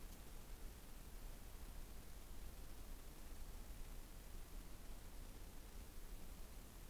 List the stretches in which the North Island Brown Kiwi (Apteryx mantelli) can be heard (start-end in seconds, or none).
none